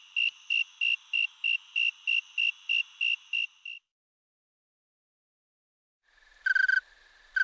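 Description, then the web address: Snowy tree cricket giving a run of evenly spaced, pure high chirps for nearly four seconds. After a silent gap, a different, lower pulsed sound follows. "Crickets and Katydids. Snowy Tree Cricket, Oecanthus fultoni"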